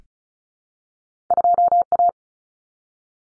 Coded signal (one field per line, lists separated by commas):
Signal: Morse code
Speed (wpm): 34 wpm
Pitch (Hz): 700 Hz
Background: none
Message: 2A